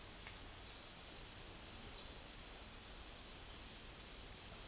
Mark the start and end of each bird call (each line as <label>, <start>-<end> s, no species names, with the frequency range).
bird call (3.2-6.5 kHz), 1.94-2.48 s
bird call (3.4-5.3 kHz), 3.46-3.96 s